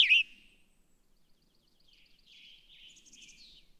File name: Western Tanager